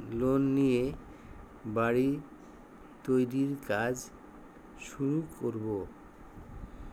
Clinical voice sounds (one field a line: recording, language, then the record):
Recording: elicited speech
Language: Bengali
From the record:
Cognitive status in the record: dementia